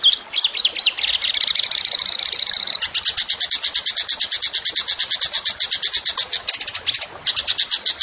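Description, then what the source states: Tembakan bird singing: a few quick high notes, then a run of rapid notes, then a long rapid pulsing trill that runs on steadily with brief breaks. Masteran (training recording for songbirds) of a tembakan bird in active, full song (gacor).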